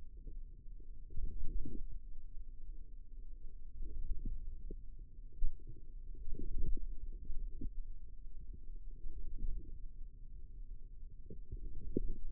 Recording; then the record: forearm muscle sounds (acoustic myography)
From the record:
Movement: hand opening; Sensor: system 2, bracelet of six BSWA MPA416 microphones around the upper forearm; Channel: 3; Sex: female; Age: 22 years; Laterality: right